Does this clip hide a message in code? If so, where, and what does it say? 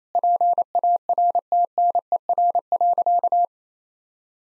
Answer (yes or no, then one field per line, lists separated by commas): yes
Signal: Morse code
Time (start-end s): 0.2-3.5 s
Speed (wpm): 28 wpm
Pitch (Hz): 700 Hz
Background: none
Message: PARTNER.